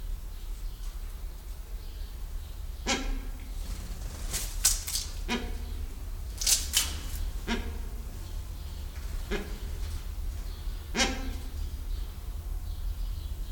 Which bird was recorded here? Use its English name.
Silvery-cheeked Hornbill